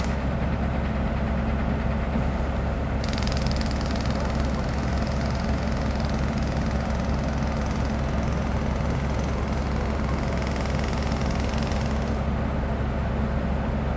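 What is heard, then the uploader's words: Jackhammer noise forms a steady, dense, low rumble with a fine, rapid pulsing and an engine-like drone, holding an even level throughout. From about 3 to 12 seconds a brighter hiss joins in, with a thin, high whine from roughly 3 to 10 seconds. Jackhammer Noise.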